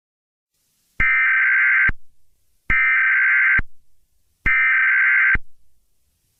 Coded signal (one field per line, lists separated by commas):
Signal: Emergency Alert System (SAME) tones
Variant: header bursts